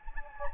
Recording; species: mosquito wingbeat signal from an infrared sensor; Anopheles gambiae